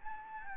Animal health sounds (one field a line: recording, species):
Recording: mosquito wingbeat signal from an infrared sensor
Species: Anopheles gambiae